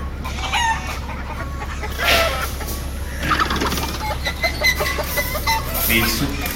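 Chickens cluck and squawk in irregular bursts over a steady low hum, with a few sharper, louder calls rising around the middle and toward the end.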